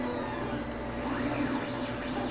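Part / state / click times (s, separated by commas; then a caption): 3D-printed retaining piece into a night vision goggle housing / not seated / none. A 3D-printed plastic retaining piece is placed over the assembly in a night vision goggle housing and lined up with the screw hole before being pressed home. Only a steady, even background hum with faint sweeping tones is heard, with no sharp sounds. Nothing has clicked into place yet.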